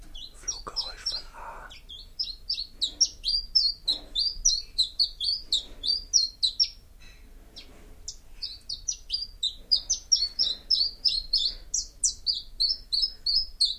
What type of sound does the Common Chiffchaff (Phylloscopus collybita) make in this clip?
song